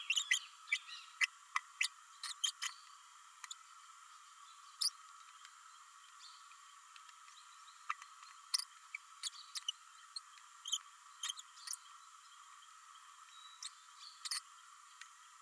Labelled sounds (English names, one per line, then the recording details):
Green-rumped Parrotlet babbling
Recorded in a nest box in Venezuela
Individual 18B104A3